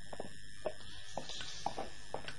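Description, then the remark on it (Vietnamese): Steady footsteps of a group of children walking through a stone passage, each step a sharp knock at an even walking pace, about two per second. The steps are fairly quiet, with no voices. “Ngoài tiếng bước chân của chúng, cả bọn còn có thể nghe thấy tiếng từng giọt nước rỉ ra từ vách đá.”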